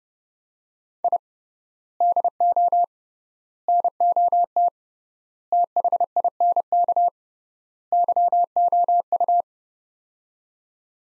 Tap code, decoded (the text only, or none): none